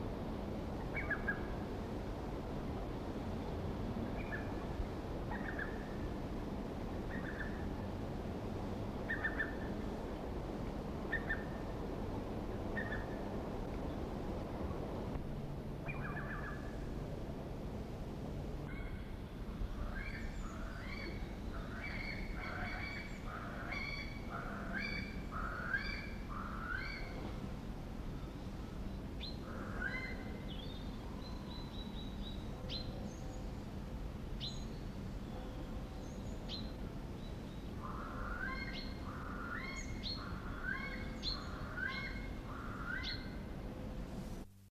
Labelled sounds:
Eurasian Curlew call
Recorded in captivity
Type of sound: call
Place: Kenmare
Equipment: Halbspur, 9,5 cm/s
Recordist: Lütgens, Hans
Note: Rufe

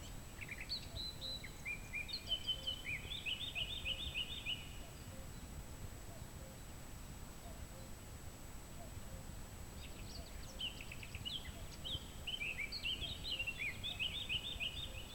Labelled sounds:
Eurasian Blackcap song
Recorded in the wild
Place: SI
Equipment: Hornyphon Bandgerät, Phillips Mikrofon Type EL 6020
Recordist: Brunner, Thomas
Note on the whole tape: Mönchsgrasmücke, Gesang. Im Frühjahr 1964. Im Fratertal, Slowenien

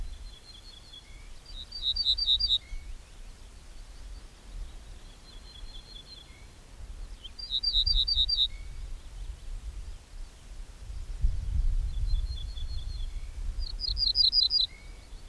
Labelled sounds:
Ortolan Bunting
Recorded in the wild
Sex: male
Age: adult
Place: Schloß Holte-Stukenbrock, Senne, Nordrhein-Westfalen, DE
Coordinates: 51.8656, 8.66194
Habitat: edge of the woods
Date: 1967-04-30
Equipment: Uher 4000 Report-S, Bändchenmikro Beyer M 260, Parabolspiegel Polyester (470 mm)
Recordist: Conrads, Klaus

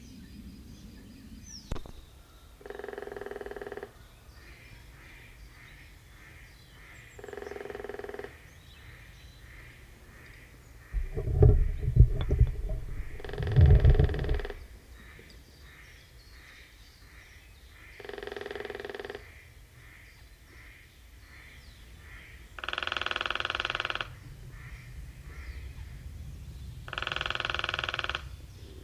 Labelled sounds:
Lesser Spotted Woodpecker drumming
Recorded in the wild
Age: adult
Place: Halle (Westfalen), OT Tatenhausen, Nordrhein-Westfalen, DE
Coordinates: 52.0439, 8.325
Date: 1970-04-12
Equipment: Uher 4000 Report-S, Bändchenmikro Beyer M 260, Parabolspiegel Polyester (470 mm)
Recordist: Conrads, Klaus

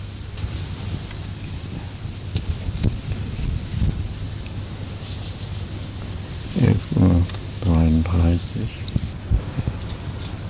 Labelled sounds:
White-faced Saki contact call
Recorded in captivity
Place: Zoo Halle, Sachsen-Anhalt, DE
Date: 2005-10-10 11:33
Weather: bedeckt, 10°C
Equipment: Panasonic RQ-2102, Sennheiser ME 80, Kopie Uher 4000 Report Monitor
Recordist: Tembrock, Günter

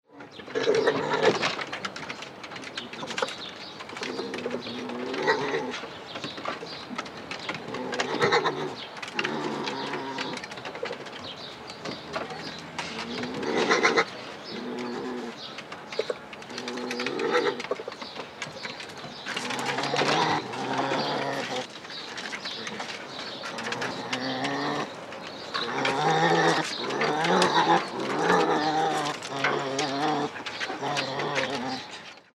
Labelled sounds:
Yellow-throated Marten
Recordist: Tembrock, Günter
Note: Männchen: hauptsächlich Knurren, teilweise auch Muckern, zwischendrin Muckern des Weibchens

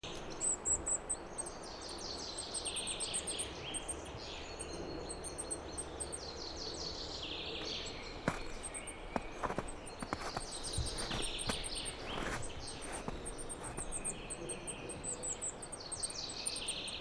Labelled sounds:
Goldcrest call
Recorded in the wild
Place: Frauenstein, Erzgebirge, Sachsen, DE
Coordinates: 50.7944, 13.5292
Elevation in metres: 530
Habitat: wood
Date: 2008-03-29
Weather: cloudy, 2°C, moderate winds
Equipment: Sound Devices 702, Sennheiser MKH 70, Windkorb
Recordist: Frommolt, Karl-Heinz

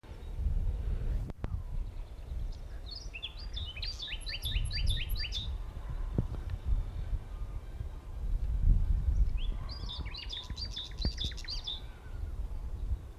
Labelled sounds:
Common Nightingale song
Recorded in the wild
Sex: male
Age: adult
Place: Arkenberge, Berlin, DE
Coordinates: 52.6219, 13.4075
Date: 1975-05-02 10:25
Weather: partly sunny, 16°C
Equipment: Uher CR 210, Sennheiser MD 421, Verstärker, Kopie Uher 4200
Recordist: Tembrock, Günter

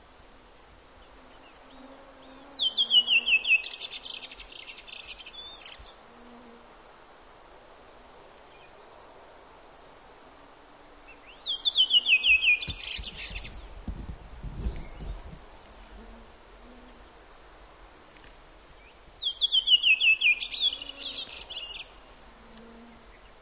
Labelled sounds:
Redwing song
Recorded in the wild
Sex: male
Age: adult
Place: Halbinsel Kindo, Karelien, RU
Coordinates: 66.5472, 33.1189
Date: 1995-06-20 23:48
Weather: fair, 15°C
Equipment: Sony TCD-D3, Sennheiser MKH 70, Windkorb
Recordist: Frommolt, Karl-Heinz

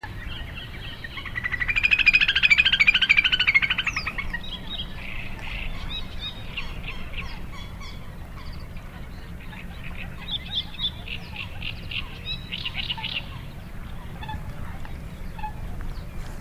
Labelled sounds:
Little Grebe call
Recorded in the wild
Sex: diverse
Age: adult
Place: Kützerhof, Kummerower See, Mecklenburg-Vorpommern, DE
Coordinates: 53.8514, 12.8764
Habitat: wetland
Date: 2010-05-19 21:17
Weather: overcast, 12°C, almost no wind
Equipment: Sound Devices 702, Sennheiser MKH 70, Rycote Windschutz
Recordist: Frommolt, Karl-Heinz

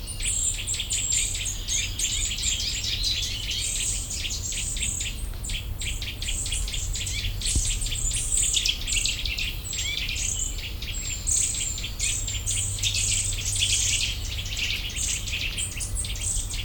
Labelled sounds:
Eurasian Nuthatch call
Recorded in the wild
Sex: group
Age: diverse
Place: Potsdam-Telegrafenberg, Brandenburg, DE
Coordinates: 52.3814, 13.0644
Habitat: park
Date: 1996-06-07 19:16
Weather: sunny
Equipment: Sony MD-WM MZ-R3, Sennheiser MKH 416 T, Kopie Uher 4000 Report Monitor
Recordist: Tembrock, Günter

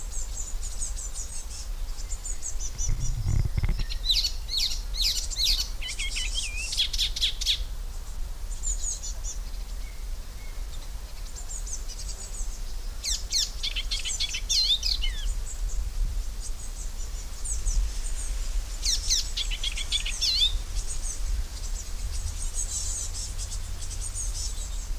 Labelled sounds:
Icterine Warbler
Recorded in the wild
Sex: male
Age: adult
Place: Köppchensee, Berlin, DE
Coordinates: 52.6167, 13.3667
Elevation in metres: 40
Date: 1999-05-29 18:29
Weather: fair, 28°C
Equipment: Sony MD-WM MZ-R3, Sennheiser ME 80, Kopie Uher 4000 Report Monitor
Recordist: Tembrock, Günter
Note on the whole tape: Rufe, Gesang (kurz), NSG Köppchensee

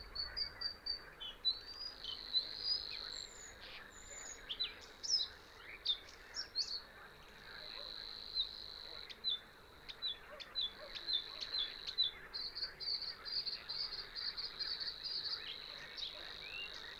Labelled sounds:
Bluethroat song
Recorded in the wild
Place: Gartz (Oder), Nationalpark Unteres Odertal, Brandenburg, DE
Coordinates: 53.1454, 14.366
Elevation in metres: 1
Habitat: wetland
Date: 2014-06-07 22:03
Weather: clear, 25°C, almost no wind
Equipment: Sound Devices 702, Sennheiser MKH 70, Rycote Windschutz
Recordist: Frommolt, Karl-Heinz
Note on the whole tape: Friedrichsthaler Polder, östlich der Unteren Welse im Schilfbestand: Gesang eines Blaukehlchens

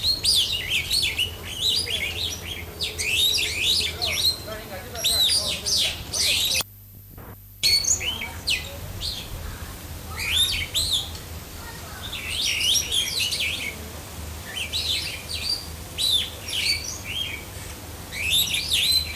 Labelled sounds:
Superb Starling song
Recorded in captivity
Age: adult
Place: Zoo Berlin, Berlin, DE
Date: 2005-08-10 16:43
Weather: overcast, 16°C
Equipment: Sony WM-D6C, Sennheiser ME 80, Kopie Uher 4000 Report Monitor
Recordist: Tembrock, Günter

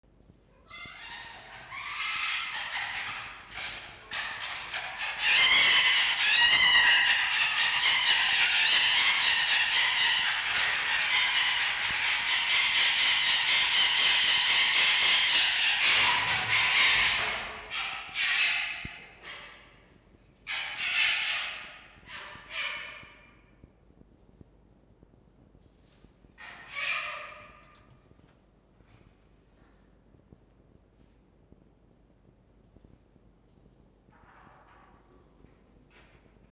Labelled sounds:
Red Fox
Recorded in captivity
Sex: male
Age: adult
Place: Zoologisches Institut der HUB, Berlin, DE
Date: 1952-04-01 19:15
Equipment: Elmetra
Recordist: Tembrock, Günter
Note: Franzl: dunkles und helles Keckern

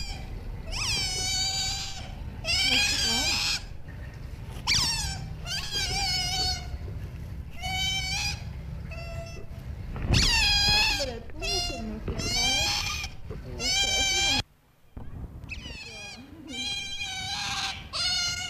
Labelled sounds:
European Otter call
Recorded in captivity
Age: juvenile
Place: Tierpark Berlin, Berlin, DE
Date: 1964-11-29 12:30
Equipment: Telefunken Magnetophon 300, Sennheiser MD 421, Transistorverstärker, Kopie Smaragd
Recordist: Tembrock, Günter

